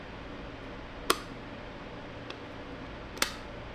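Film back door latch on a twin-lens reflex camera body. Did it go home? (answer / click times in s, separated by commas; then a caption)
yes / 1.1 s, 3.2 s. The film back door of a Mamiya C330 twin-lens reflex camera is closed again and pressed down on both sides, after only one side had been pushed down before. Two sharp clicks sound at 1.1 s and 3.2 s as each side latches, with a faint tick at 2.3 s between them over a steady low background. The door is latched on both sides.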